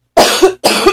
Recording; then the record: coughing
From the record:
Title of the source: 61 morning phlegmy cough...again